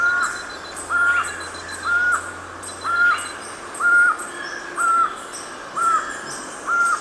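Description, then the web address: Black-mandibled toucan giving loud, level yelps at a regular pace of about one per second. Recorded in Ecuador. "Natures Songs S America Birds of Ecuador. Black-Mandibled Toucan"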